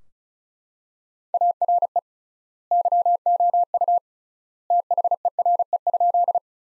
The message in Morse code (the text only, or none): ARE YOU THERE?